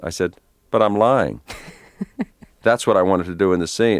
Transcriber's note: laughter